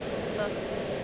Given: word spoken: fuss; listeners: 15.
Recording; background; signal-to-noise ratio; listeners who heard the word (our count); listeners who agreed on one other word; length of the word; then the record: one English word in noise, from a listening test; speech-shaped noise; -5.5 dB; 2 of 15; 7 of 15; 0.64 s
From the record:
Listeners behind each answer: 7, 2, 1, 1, 1, 1, 1, 1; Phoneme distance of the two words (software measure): 10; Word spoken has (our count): 1 syllable, 3 phonemes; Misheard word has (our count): 1 syllable, 3 phonemes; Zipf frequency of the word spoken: 3.95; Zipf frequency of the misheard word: 4.74